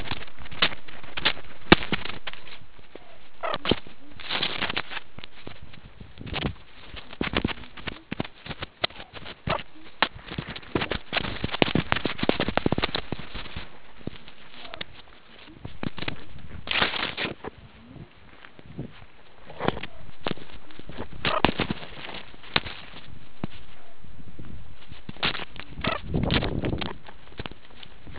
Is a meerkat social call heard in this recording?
no